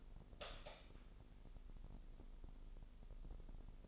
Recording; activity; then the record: daily activity, microphone in the room; light on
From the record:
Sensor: 5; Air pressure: 995.4 hPa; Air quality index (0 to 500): 84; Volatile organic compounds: 4 ppm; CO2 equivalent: 1570 ppm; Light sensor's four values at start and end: 35/82/33/33 and 36/87/35/35